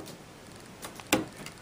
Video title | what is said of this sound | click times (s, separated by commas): Sua chua may in epson va gan he thong muc ngoai may in phun epson | you hear that that was a click and you got to do that for each one see | 1.1 s